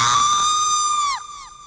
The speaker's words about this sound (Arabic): بس سمعت الصرخة دي، صرخة خلتني انط من مكاني طيران على قطي.